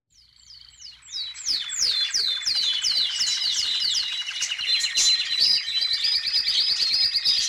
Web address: Madacy Music Group Inc 292 Sound Effects. Birds, Canary